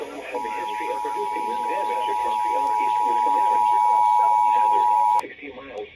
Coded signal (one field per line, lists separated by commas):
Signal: Emergency Alert System (SAME) tones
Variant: 853 and 960 Hz attention tone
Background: speech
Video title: EAS #1956-1963 Severe Thunderstorm Warning 9-25-22